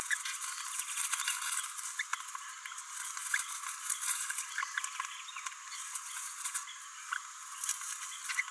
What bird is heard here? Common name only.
Green-rumped Parrotlet